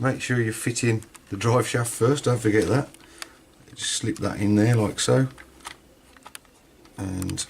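Someone talks while fitting the front gearbox and suspension assembly, with the drive shaft already slipped in, onto the plastic chassis of a Tamiya DF-01 1/10 RC car kit (Mitsubishi Lancer rally car). A few small handling clicks and taps are heard between talking. Nothing has seated or clicked into place yet.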